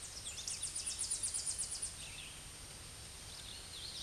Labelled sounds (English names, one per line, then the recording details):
Tennessee Warbler song
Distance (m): 30 m
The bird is about level with the microphone
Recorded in a Pennsylvania forest on 16 May 2024 at 07:55
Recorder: AudioMoth, point MSD-0665
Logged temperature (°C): 16.1 °C
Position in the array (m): 69 m, 62 m